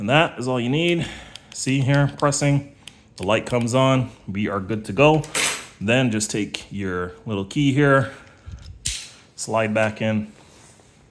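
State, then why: Seated. Someone talks while sliding the metal emergency key blade back into its slot in the plastic car key fob body after replacing the fob's battery. A faint tick at 8.7 s leads into a sharp click at 8.9 s as the blade latches. The key blade is seated in the fob.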